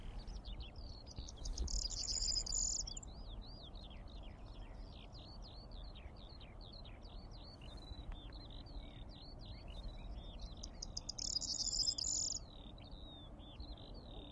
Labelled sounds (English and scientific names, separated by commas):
Corn Bunting (Emberiza calandra) song